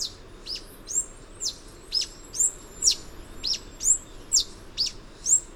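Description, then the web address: Yellow-throated bush tanager song: thin, very high downslurred notes repeated about twice a second, each note sharp and brief, over a faint steady hiss. Ecuador, South America. "Natures Songs S America Birds of Ecuador. Yellow-Throated Bush-Tanager"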